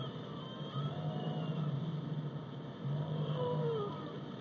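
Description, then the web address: Whale song with low, pulsing grunts in two long runs, and a higher whine above them near the end. "zvuci ot kitove peene na kitove"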